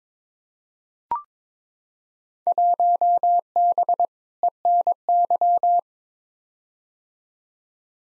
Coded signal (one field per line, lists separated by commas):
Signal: Morse code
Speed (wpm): 22 wpm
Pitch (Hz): 700 Hz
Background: none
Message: 1B ENY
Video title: Field Day Exchange v2 - 22wpm